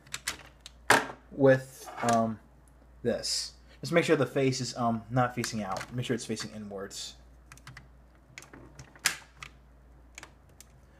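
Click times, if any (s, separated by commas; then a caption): 9.1 s. A plastic piece is fitted into a toy robot's arm in place of the big sword, with its face turned inwards rather than out, while someone talks. Light plastic taps and handling clicks follow, and the piece snaps into place with a sharp click at 9.1 s.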